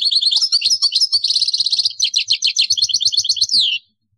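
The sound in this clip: European goldfinch song: an unbroken run of fast, tinkling notes and buzzy trills ending in a downward slurred note, then silence.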